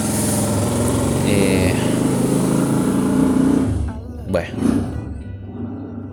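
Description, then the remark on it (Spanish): A passing motorcycle's engine roars loudly for about four seconds with a rough, throbbing drone, then cuts away abruptly, leaving a few faint voice-like sounds behind. “Perdonen que ahí viene la moto.”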